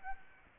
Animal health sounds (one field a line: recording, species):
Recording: mosquito wingbeat signal from an infrared sensor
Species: Aedes aegypti